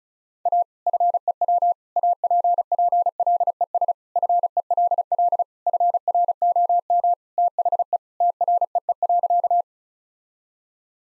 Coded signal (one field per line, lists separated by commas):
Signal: Morse code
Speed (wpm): 36 wpm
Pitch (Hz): 700 Hz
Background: none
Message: A FEW APPLES FELL FROM THE TREE.